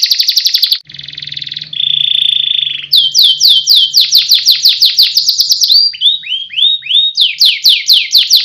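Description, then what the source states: Canary song with a quick trill, a harsh buzzy passage and level tone, followed by a rhythmic run of falling whistled notes about four per second. Competition canary, national champion singer, song used as a master recording for training other canaries.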